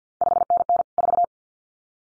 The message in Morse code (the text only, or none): 5NN 4